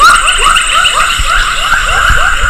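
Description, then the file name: Baram frog calling, a quick series of short upswept notes repeated several times a second, over steady high insect hum and low thumps. "Pulchrana baramica"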